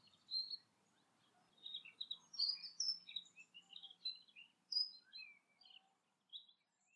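Bird song of rapid, sweet chirps and twittering notes, a lively stream of high varied phrases broken by brief pauses.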